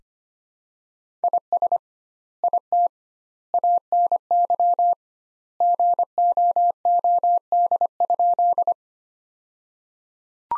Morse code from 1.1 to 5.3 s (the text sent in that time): IS IT ANY